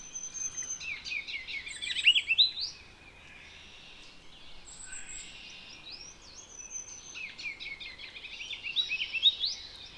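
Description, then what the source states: Ruby-crowned kinglet song: high, thin twittering notes and quick warbled phrases in bursts, with pauses between, over faint background noise. Heard on the way back toward a pond; described as a silly-sounding song.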